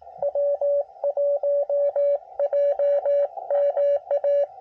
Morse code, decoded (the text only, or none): W1JMA